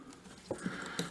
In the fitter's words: venir se clipser ici fait qu on fait ça sur